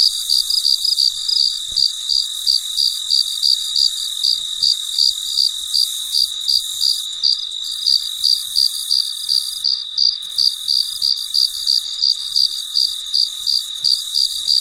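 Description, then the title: Cricket singing a steady stream of high chirps, close to three a second, over an unbroken high insect whine. Late at night in a very quiet setting. "深夜录制蟋蟀昆虫声"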